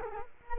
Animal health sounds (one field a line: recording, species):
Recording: mosquito wingbeat signal from an infrared sensor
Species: Culex quinquefasciatus